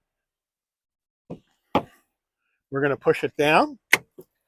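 A person handles the second-row folding seatback of a 2025 Volkswagen Atlas Peak Edition SUV, pushing it down toward its latch in the seat frame. A soft knock at about 1.3 s and a louder thump at 1.8 s are followed by someone talking, then a sharp tick at 3.9 s and a faint one at 4.2 s. The seatback has not yet latched or clicked into place.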